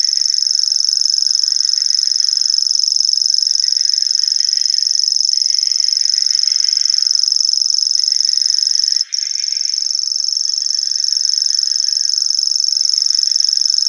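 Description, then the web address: Common grasshopper warbler reeling continuously: a rapid, high, cricket-like ticking trill lasting the full fourteen seconds, with only a split-second dip about two-thirds of the way through and faint lower twittering beneath. "Schulze Peter Grasshopper Warbler song"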